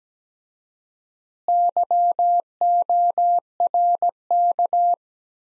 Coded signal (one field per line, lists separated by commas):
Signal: Morse code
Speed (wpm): 17 wpm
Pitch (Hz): 700 Hz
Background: none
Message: YORK